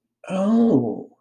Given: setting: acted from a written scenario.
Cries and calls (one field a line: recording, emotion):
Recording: vocal sound without words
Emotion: interest